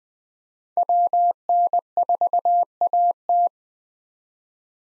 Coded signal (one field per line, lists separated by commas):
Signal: Morse code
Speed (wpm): 20 wpm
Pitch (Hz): 700 Hz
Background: none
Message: WN4AT